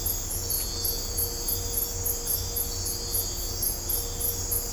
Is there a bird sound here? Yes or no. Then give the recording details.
no. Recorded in dense forest near Puerto Asís, Putumayo, Colombia, on 22 December 2024 at 01:30. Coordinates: 0.503, -76.323. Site G043